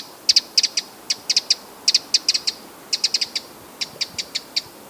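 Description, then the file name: Eurasian wren calls, hard high tick notes in rapid bunches of two or three, repeated throughout with short gaps, nothing else heard. "Troglodytes troglodytes"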